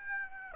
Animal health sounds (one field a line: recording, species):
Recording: mosquito wingbeat signal from an infrared sensor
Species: Aedes aegypti